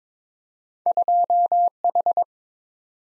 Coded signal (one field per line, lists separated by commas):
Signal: Morse code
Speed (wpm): 21 wpm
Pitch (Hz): 700 Hz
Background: none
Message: 2H